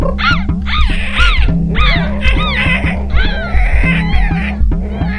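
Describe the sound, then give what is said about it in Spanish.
A person imitates a dolphin with a loud, rapid string of high, squeaky chirps and rising whistles, repeated in a steady rhythm for several seconds without any talking. “Traeme a alguien que sepa ser un delfín y no un alien que se agarró los dedos con la puerta.”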